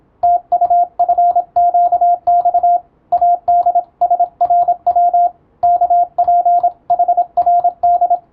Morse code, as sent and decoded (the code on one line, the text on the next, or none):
- ..- ..-. --.- -..- / .- -.. ... .-. .-- / -.- .--. .... .-. -..
TUFQX ADSRW KPHRD